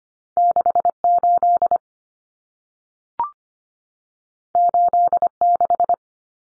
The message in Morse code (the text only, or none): 68 86